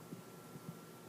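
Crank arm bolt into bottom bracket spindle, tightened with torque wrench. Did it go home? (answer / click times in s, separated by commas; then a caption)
no / none. A torque wrench is spun on the 8mm crank arm bolt of a Santa Cruz Bronson Carbon, threading it into the bottom bracket spindle and snugging it down before the final torquing pull. Only soft, low handling knocks come through, near 0.1, 0.6 and 0.7 seconds, over a steady faint hum. Nothing has clicked yet, since the final pull comes afterwards.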